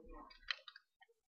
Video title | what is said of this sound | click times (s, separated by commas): Taking apart your 1911 | and just slowly come forward and you'll hear it click | 0.5 s